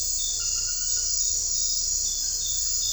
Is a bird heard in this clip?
no